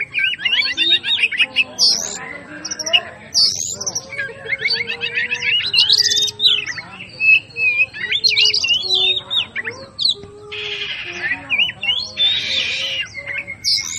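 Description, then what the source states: Oriental magpie-robin song, a fast varied run of harsh rasping bursts, sweet whistles and buzzy trills with scarcely a pause throughout. Master recording of a magpie-robin named Hercules, aggressive fighting song ('ngotot full tembakan': persistent, full of bursts), used for training cage birds.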